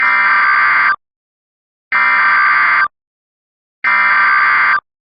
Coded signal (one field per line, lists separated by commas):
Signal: Emergency Alert System (SAME) tones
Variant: header bursts